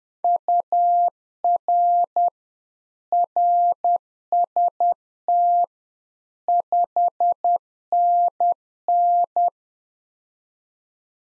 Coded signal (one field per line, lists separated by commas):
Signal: Morse code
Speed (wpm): 10 wpm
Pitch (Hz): 700 Hz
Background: none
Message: UR RST 5NN